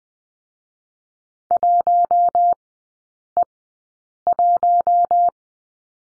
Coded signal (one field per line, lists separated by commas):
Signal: Morse code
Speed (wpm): 20 wpm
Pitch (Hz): 700 Hz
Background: none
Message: 1E1